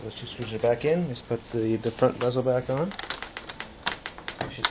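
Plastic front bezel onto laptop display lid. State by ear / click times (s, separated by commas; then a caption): seated / 3.9 s, 4.7 s. A plastic front bezel is squeezed back onto the display lid of a Dell Inspiron 1545 laptop during a screen replacement. Someone talks for the first three seconds, then a series of sharp plastic snaps follows as the clips go in. The clearest clicks are at about 3.9 s and 4.7 s, and the bezel seats.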